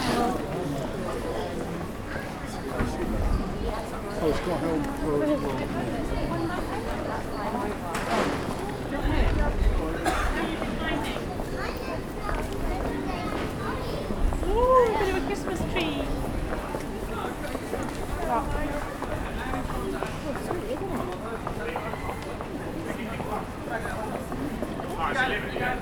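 A busy street market packed with people, with a dense, constant babble of overlapping voices. The level stays fairly steady, with louder bursts of talk and a brief raised call or whistle-like voice around fifteen seconds.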